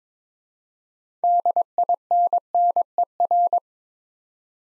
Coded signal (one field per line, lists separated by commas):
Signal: Morse code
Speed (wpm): 22 wpm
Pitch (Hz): 700 Hz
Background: none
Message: DINNER